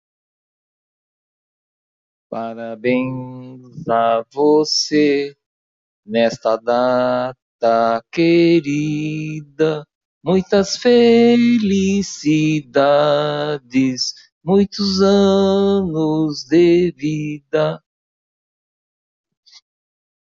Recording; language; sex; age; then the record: short text; Brazilian Portuguese; male; 60 to 69 years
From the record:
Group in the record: control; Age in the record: 68 years